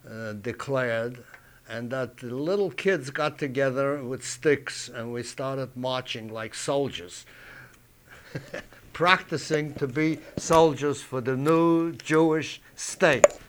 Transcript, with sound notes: declared, and that little kids got together with sticks, and we started marching like soldiers. ( he laughs ) Practicing to be soldiers for the new Jewish state.